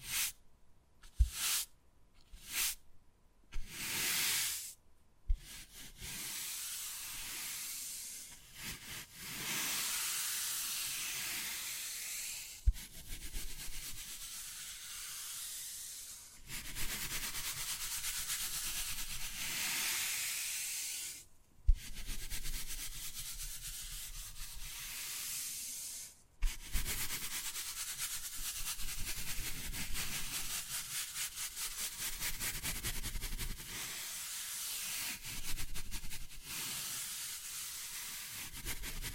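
Wood carving with long rough scraping and rasping strokes, bright and hissy, broken by brief silences and sharp knocks near 5, 21 and 26 seconds.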